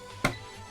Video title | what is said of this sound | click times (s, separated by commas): Mattel WWE Retro Wrestling Ring Playset (WWF Hasbro Style) | It's not that complicated, and it's nice that it actually clicks in place there. | 0.2 s